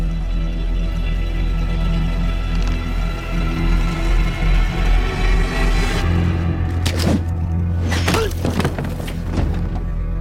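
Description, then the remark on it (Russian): A low, steady hum runs throughout, then a few sharp, dull impacts land in quick succession near the end, like a slingshot stone fired by a person at a car striking a man's head with a hard thunk. “Бен побежал к машине и с рогаткой выстрелил прямо в голову Джона.”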